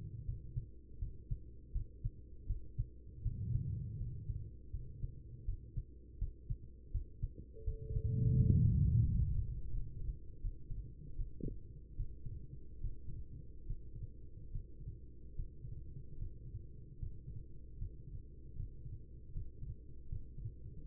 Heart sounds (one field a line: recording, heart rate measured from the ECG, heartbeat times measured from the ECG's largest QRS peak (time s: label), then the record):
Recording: heart sounds by stethoscope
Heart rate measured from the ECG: 79 bpm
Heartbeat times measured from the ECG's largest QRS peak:
0.25 s: heartbeat
0.98 s: heartbeat
1.72 s: heartbeat
2.46 s: heartbeat
3.22 s: heartbeat
3.96 s: heartbeat
4.70 s: heartbeat
5.44 s: heartbeat
6.18 s: heartbeat
6.91 s: heartbeat
7.63 s: heartbeat
8.35 s: heartbeat
9.03 s: heartbeat
9.70 s: heartbeat
10.40 s: heartbeat
11.15 s: heartbeat
11.95 s: heartbeat
12.79 s: heartbeat
13.65 s: heartbeat
14.50 s: heartbeat
15.34 s: heartbeat
16.16 s: heartbeat
16.97 s: heartbeat
17.76 s: heartbeat
18.54 s: heartbeat
19.31 s: heartbeat
20.07 s: heartbeat
20.83 s: heartbeat
From the record:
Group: healthy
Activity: rest 0-9 s, Valsalva maneuver 9-21 s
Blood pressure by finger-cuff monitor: 93/73 mmHg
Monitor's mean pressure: 80 mmHg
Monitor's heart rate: 78 bpm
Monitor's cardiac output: 4.9 L/min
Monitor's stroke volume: 62 mL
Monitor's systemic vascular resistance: 1220 dyn s/cm5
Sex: female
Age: 43 years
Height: 160 cm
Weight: 90 kg